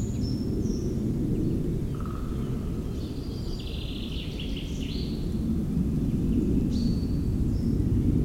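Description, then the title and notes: European robin song, a few scratchy high phrases and one lower whistled note amid loud, constant aircraft rumble. Singing in Meerdaalbos, a huge forest at Oud-Heverlee, Belgium, recorded with planes taking off. "3051 Oud-Heverlee, Belgium - Meerdaalbos. Into the huge forest called Meerdaalbos, the European Robin singing, and planes takeoffs"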